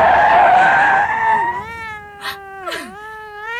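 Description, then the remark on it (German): A rough, noisy rush gives way to a long, drawn-out meow from a grey cat, its pitch wavering and then sliding downward, with a couple of brief breathy bursts near the end and no talking. “Da, eine Katze. So grau und echt.”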